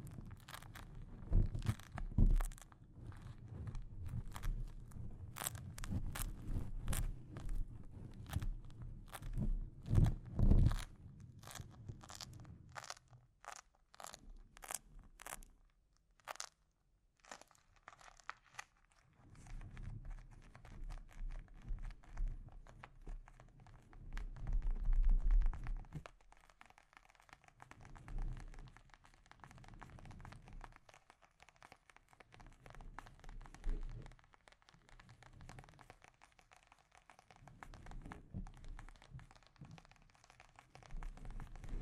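Scratching and tapping on a microphone, with sharp clicks packed closely through the first fifteen seconds over a low rumbling rub. A near-silent gap follows around sixteen seconds, then softer, denser crackly scratching resumes with a brief louder swell near twenty-five seconds.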